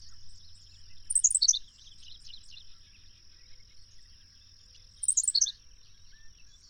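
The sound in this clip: Bird song: two short bursts of very high tumbling notes about four seconds apart, with soft twittering and a continuous high hiss.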